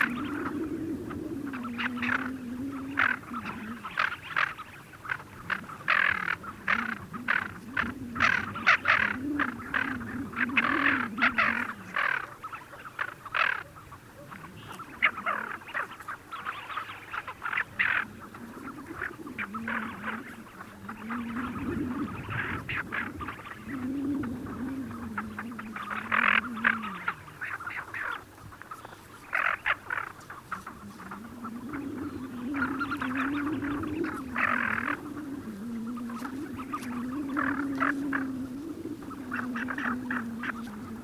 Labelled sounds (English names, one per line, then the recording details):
Tufted Duck call
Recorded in the wild
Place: Gingst, Insel Rügen, Mecklenburg-Vorpommern, DE
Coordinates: 54.534, 13.303
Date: 1977-04-09 08:30
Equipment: Nagra III BH, Sennheiser MD 21, parabola
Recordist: Schubert, Michael